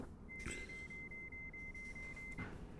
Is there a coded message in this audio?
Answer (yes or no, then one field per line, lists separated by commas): no